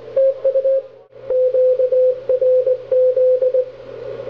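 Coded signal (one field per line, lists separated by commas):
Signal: Morse code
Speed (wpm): 24 wpm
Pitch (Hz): 520 Hz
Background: radio noise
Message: TU QRZ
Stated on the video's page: CW contacts in the Wisconsin QSO Party contest.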